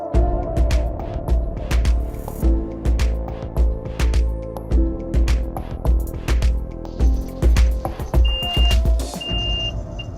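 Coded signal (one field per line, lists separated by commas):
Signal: beep code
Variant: Linde forklift warning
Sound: two high steady beeps, about half a second each, over rhythmic music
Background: music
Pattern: 2 beeps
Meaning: The forklift's semi-automated mode has started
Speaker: So now you just heard 2 beeps that signaled that the semi-automated mode has started. So this is an acoustic warning.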